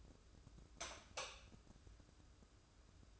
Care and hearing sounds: daily activity, microphone in the room; light off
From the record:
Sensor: 2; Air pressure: 995.2 hPa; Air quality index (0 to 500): 74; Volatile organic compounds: 2 ppm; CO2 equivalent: 1305 ppm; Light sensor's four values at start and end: 13/36/14/14 and 8/19/8/8

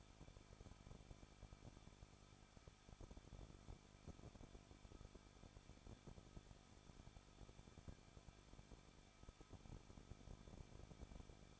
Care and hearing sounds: daily activity, microphone in the room; no activity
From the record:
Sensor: 5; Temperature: 20.8 degrees Celsius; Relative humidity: 38.6%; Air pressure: 1006.5 hPa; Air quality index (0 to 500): 192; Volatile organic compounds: 20 ppm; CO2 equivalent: 2705 ppm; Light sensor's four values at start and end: 2/3/1/1 and 2/3/1/1

